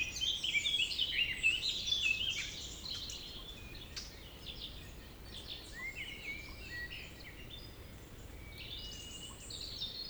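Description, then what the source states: Birds singing, a busy burst of high chirping and twittering at the start that thins into scattered short phrases over low background noise. Evening village birds around 8 pm in Tregastel bourg, Pleumeur-Bodou, France; humid weather; April 2019; recorded with an MKH 8040 ORTF pair, Rycote, Zoom H5.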